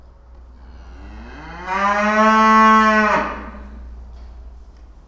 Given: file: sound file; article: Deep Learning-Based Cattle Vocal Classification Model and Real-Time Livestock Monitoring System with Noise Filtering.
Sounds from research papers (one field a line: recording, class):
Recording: cattle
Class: food anticipating call